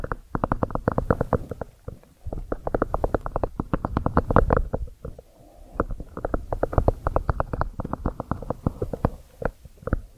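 Ear cleaning trigger sounds: a rapid, steady stream of crackling, scratchy taps with a deep, muffled rumbling tone. The clicks come in dense bursts, pausing briefly around two seconds and again near five seconds before resuming at the same pace.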